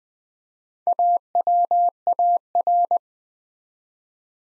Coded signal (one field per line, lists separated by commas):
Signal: Morse code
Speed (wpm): 20 wpm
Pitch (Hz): 700 Hz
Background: none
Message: AWAR